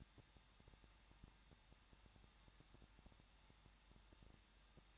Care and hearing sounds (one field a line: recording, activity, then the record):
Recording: daily activity, microphone in the room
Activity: no activity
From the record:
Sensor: 3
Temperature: 21.2 degrees Celsius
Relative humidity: 36.3%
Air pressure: 1006.3 hPa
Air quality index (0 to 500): 222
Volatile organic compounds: 41 ppm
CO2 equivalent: 3165 ppm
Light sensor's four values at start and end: 2/3/2/2 and 2/3/2/2